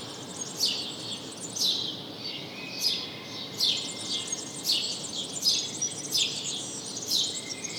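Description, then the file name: House sparrow calls, a string of short chirps with background hiss. "Passer domesticus"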